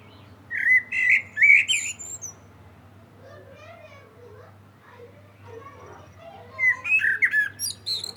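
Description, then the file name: Common blackbird song: two phrases of low fluted whistles, each ending in a high squeaky twitter, separated by a quiet pause, over a steady low hum. "Turdus merula"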